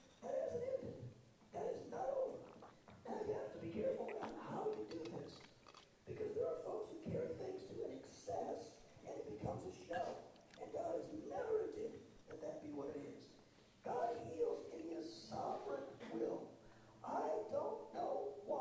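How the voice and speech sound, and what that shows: Adult male preaching on Psalm 103:2-4 with severe hoarseness (dysphonia). After he lost his voice, a little of it returned but stayed very hoarse; his throat had been tight for three to four years.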